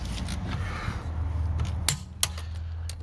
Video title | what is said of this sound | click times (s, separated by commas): *WHEELS OFF BMW ALLOY CLEANING*!!! - BMW Winter Job | so until it clicks so we know the correct talk for when they're on the road | 2.2 s